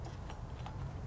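A brake pad wear sensor, routed through the caliper, is pushed into a rear brake pad of a Mini Cooper Countryman S. Two short tick-like clicks are heard at 0.3 s and 0.7 s over a low steady background. The sensor clicks into the pad and is seated.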